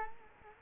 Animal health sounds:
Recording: mosquito wingbeat signal from an infrared sensor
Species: Culex quinquefasciatus

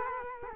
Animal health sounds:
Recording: mosquito wingbeat signal from an infrared sensor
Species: Culex quinquefasciatus

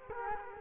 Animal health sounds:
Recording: mosquito wingbeat signal from an infrared sensor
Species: Culex quinquefasciatus

